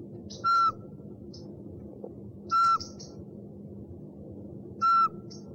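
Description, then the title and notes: Owl sounding three brief, even whistles a little over two seconds apart, with faint high chirps alongside and a low steady hum beneath. One of 69 call variants from 11 owl species. "Sovy - Eulen - Owls. 69 variant hlasů - 11 druhů sov"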